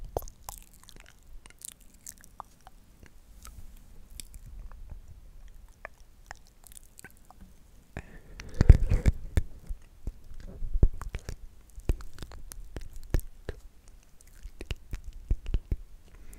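Mouth sounds: wet clicks, smacks and squishy chewing noises, scattered irregularly and often in quick bursts. The first half is quieter and sparse, then the activity grows denser and louder from about eight seconds on, with a low rumble underneath.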